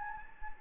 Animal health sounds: mosquito wingbeat signal from an infrared sensor; Anopheles gambiae

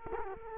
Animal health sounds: mosquito wingbeat signal from an infrared sensor; Culex quinquefasciatus

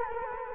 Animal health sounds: mosquito wingbeat signal from an infrared sensor; Culex quinquefasciatus

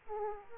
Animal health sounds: mosquito wingbeat signal from an infrared sensor; Aedes aegypti

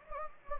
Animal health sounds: mosquito wingbeat signal from an infrared sensor; Anopheles gambiae

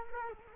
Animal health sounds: mosquito wingbeat signal from an infrared sensor; Culex quinquefasciatus

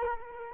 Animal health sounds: mosquito wingbeat signal from an infrared sensor; Culex quinquefasciatus

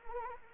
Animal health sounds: mosquito wingbeat signal from an infrared sensor; Anopheles arabiensis

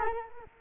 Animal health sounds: mosquito wingbeat signal from an infrared sensor; Culex quinquefasciatus

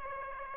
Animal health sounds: mosquito wingbeat signal from an infrared sensor; Aedes aegypti

